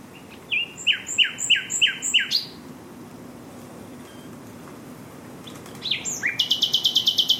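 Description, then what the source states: Common Nightingale song: a series of repeated, sliding notes, then a pause before a fast series of high repeated notes. Live outdoors at Fingringhoe Wick during a musical performance.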